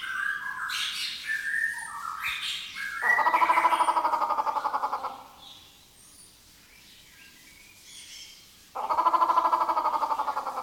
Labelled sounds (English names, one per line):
White-rumped Shama